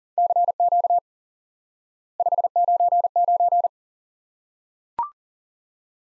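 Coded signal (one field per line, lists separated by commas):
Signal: Morse code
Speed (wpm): 37 wpm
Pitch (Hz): 700 Hz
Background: none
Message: CQ 599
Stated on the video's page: Morse lesson teaching the QSO element 599 by instant word recognition.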